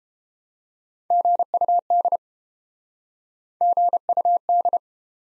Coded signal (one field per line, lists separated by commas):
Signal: Morse code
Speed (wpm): 32 wpm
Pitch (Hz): 700 Hz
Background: none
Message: GUD GUD